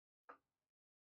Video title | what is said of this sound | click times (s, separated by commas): Don't buy a reed case until you see this | amazing and you can hear that click feel listen to that quick | 0.3 s